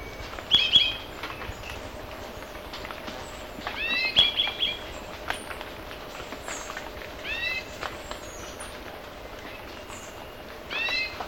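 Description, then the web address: Orange-bellied euphonia calls: several short bursts of high, downslurred arcing notes, with sharp clicks and ticks between phrases. Ecuador. "Natures Songs S America Birds of Ecuador. Orange-bellied Euphonia"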